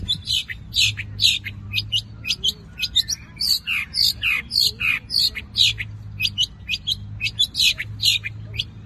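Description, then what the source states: Long-tailed shrike singing a continuous, varied chatter of squeaky, scratchy and whistled notes, with a faint low hum underneath. Combination song.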